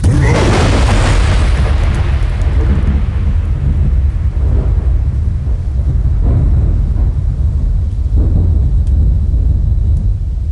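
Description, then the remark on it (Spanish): A deep, rumbling boom of fire erupts and rolls on like thunder, a loud sustained low roar with scattered crackles and bursts fading slowly over several seconds. “¿Aterrorizar como trueno en plena tormenta?”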